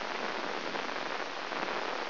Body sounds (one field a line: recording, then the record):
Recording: brain microelectrode recording played as sound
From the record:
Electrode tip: inside the subthalamic nucleus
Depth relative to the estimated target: -2.5 mm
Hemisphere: right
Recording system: AlphaMap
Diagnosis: Parkinson's disease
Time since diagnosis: 9 years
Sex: female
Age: 63 years